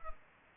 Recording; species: mosquito wingbeat signal from an infrared sensor; Culex pipiens